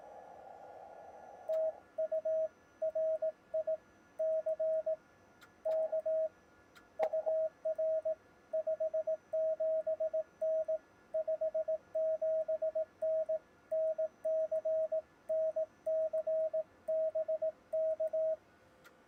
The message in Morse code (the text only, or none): TU RICK UR 57N 57N NC NC BK